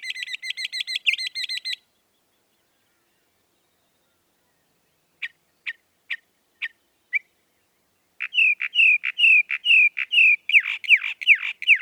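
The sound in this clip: Northern mockingbird song: a fast burst of buzzy repeated notes, a pause, a few separate sharp chips, then a long series of quick downslurred whistles.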